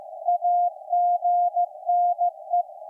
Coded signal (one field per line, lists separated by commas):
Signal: Morse code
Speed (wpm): 15 wpm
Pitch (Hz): 700 Hz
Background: none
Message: AGNE